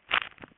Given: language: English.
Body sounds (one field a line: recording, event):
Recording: throat vibration sensor signal played as sound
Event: swallow